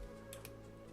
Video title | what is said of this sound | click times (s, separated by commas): MY FIRST CUSTOM PC BUILD FOR EDITING, STREAMING & GAMING *£3K BUILD* NZXT AORUS CORSAIR RYZEN ELGATO | push it in and you should hear a click. | 0.3 s, 0.4 s